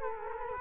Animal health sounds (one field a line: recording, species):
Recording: mosquito wingbeat signal from an infrared sensor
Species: Culex quinquefasciatus